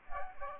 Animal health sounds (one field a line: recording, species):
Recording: mosquito wingbeat signal from an infrared sensor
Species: Aedes aegypti